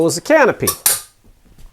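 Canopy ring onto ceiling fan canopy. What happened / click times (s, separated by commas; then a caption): The ring is handled but not yet seated / none. Someone talks while handling the decorative canopy ring of a ceiling fan at the metal canopy, where magnets are meant to pull it home and hide the screw holes. Faint handling noises follow as the voice trails off. Nothing has seated or clicked yet.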